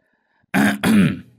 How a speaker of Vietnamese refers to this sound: Vừa thấy bóng dáng ông Hãn, ông chủ tịch tên Thuần đã hắng giọng ra vẻ dọa nạt.